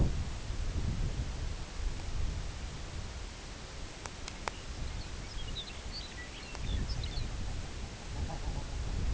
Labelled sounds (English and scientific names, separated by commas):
Lapland Longspur (Calcarius lapponicus), King Eider (Somateria spectabilis)